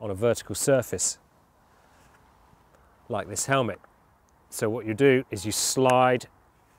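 Someone talks while handling a plastic vertical buckle from a GoPro action-camera mount, about to slide it into the base mount on a helmet. Only speech is heard, with quiet pauses between phrases. Nothing has seated or clicked yet.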